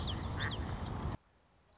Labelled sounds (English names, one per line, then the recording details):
Common Yellowthroat
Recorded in Sonoma County, California